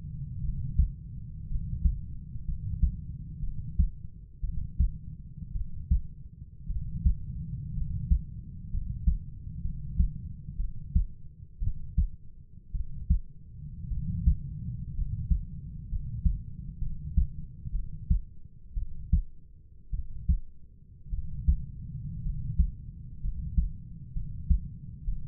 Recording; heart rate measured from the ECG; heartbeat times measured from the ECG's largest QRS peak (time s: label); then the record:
heart sounds by stethoscope; 58 bpm
0.41 s: heartbeat
1.48 s: heartbeat
2.46 s: heartbeat
3.41 s: heartbeat
4.41 s: heartbeat
5.53 s: heartbeat
6.68 s: heartbeat
7.74 s: heartbeat
8.71 s: heartbeat
9.62 s: heartbeat
10.57 s: heartbeat
11.60 s: heartbeat
12.72 s: heartbeat
13.89 s: heartbeat
14.95 s: heartbeat
15.89 s: heartbeat
16.79 s: heartbeat
17.72 s: heartbeat
18.75 s: heartbeat
19.91 s: heartbeat
21.10 s: heartbeat
22.23 s: heartbeat
23.21 s: heartbeat
24.13 s: heartbeat
25.05 s: heartbeat
From the record:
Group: healthy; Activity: cold pressor test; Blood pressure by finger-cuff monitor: 111/64 mmHg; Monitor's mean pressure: 77 mmHg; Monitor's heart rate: 59 bpm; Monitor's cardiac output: 4.9 L/min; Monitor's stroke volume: 86 mL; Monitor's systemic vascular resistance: 1130 dyn s/cm5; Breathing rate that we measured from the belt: 8 breaths a minute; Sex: male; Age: 25 years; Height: 170 cm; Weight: 70.4 kg